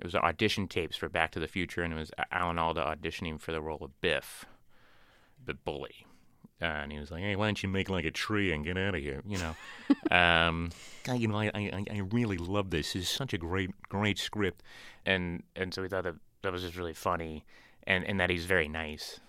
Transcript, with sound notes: It was audition tapes for "Back to the Future," and it was Alan Alda auditioning for the role of Biff, the bully. And he was like: Hey, why don't you make like a tree and get out of here. You know...
(LAUGHTER)
I, I really love this. This is such a great, great script. And so we thought that was just really funny in that he's very nice,